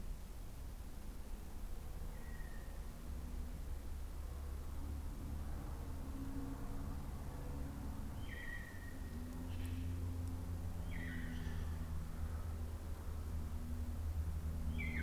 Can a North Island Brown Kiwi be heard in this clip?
no